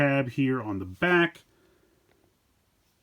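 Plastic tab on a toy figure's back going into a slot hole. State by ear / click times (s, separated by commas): not seated / none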